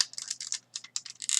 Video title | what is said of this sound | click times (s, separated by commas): Transformers Review #133 Universe Roadbuster | and it clicks into place like so, and then you just | 1.0 s